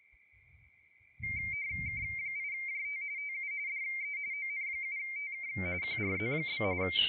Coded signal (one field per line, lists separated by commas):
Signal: RTTY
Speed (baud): 45.45 baud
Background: speech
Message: K8JT TU DE ON7TK QRZ?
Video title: CQWW WPX RTTY 20 METER SUNDAY AFTERNOON